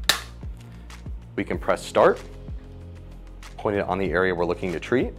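An Erchonia EVRL handheld therapy laser is pushed into its stand mount for hands-free use, seating with a sharp, loud click at 0.1 s. A few faint taps follow, and then someone talks over a steady low hum.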